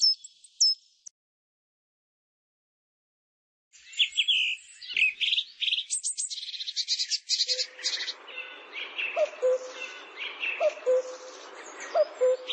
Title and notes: Suara Kicau Burung Prenjak Lengkap dan Ngerol